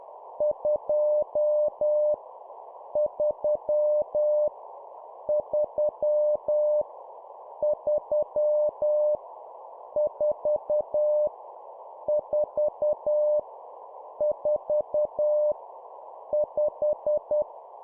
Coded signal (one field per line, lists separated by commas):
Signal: Morse code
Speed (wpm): 10 wpm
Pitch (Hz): 600 Hz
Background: none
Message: 2 3 3 3 4 4 4 5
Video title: 10wpm Repeat three times Number, morse code course